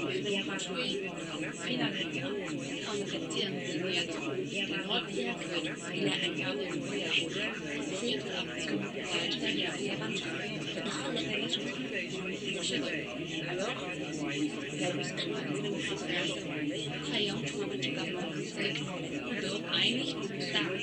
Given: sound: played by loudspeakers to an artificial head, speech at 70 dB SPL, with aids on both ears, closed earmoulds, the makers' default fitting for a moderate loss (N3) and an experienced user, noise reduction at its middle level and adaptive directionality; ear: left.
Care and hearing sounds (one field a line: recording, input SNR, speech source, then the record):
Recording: speech test signal (ISTS) in cocktail-party noise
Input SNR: -6 dB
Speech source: on the right (90 degrees)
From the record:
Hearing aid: class 1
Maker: C